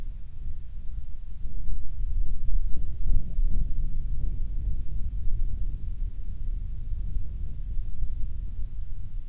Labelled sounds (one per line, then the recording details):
wind
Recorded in the Arctic National Wildlife Refuge, Alaska, on 6 August 2019 at 07:52
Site 49